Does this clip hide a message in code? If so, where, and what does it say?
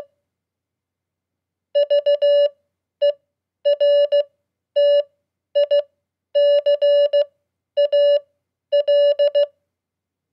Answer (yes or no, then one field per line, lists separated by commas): yes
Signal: Morse code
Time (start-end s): 1.8-9.4 s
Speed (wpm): 16 wpm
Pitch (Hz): 580 Hz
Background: none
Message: VERTICAL